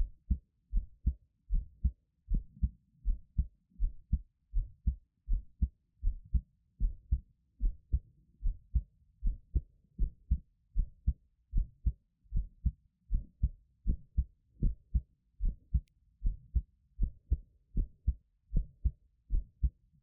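Steady, soft low thumps at about 78 beats a minute: an ordinary adult heartbeat heard up close, the host's own heartbeat made for ASMR listening.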